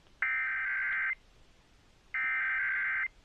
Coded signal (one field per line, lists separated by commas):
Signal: Emergency Alert System (SAME) tones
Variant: header bursts